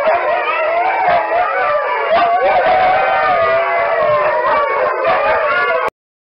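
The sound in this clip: Husky howling in a long, wavering, tonal voice that rises and falls almost without a break for about six seconds, then stops abruptly.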